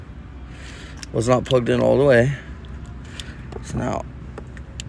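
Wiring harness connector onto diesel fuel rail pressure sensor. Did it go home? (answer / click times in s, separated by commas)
yes / 4.8 s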